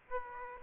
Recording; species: mosquito wingbeat signal from an infrared sensor; Aedes aegypti